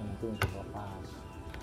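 Plastic push-type retaining pins are handled at a car's front bumper, where they go in to hold the bumper to the body. Someone talks over low background noise, and a brief sharp sound comes at about 0.4 s with another short tick near 1.5 s. Nothing has seated or clicked yet.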